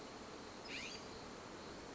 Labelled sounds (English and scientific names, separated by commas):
California Scrub-Jay (Aphelocoma californica)